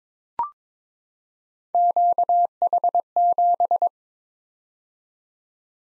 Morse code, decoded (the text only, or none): QH7